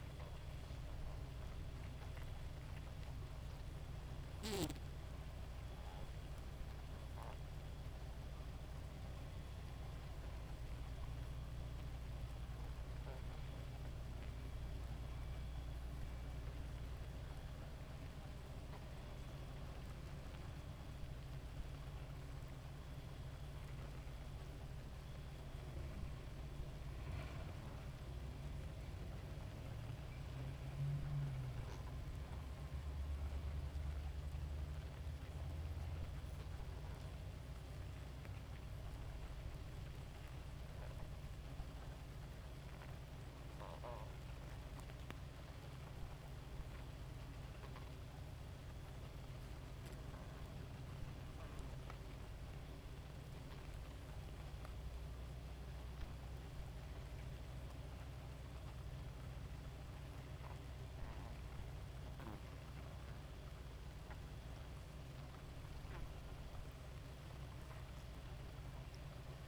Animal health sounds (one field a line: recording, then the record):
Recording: honeybee colony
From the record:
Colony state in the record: active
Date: 28 July 2017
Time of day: 2:20